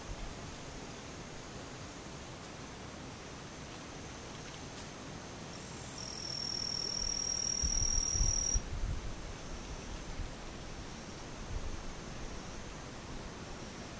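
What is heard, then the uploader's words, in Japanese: Daytime insects keep up a thin, steady high buzz, with a louder, piercing trill joining between six and nine seconds over faint low rumble. ムシ昼。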